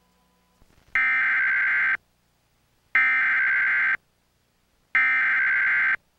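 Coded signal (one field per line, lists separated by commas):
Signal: Emergency Alert System (SAME) tones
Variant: header bursts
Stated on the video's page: Flood warning EAS intrusion on a Denver TV station, recorded off the air onto VHS tape, so quality is degraded.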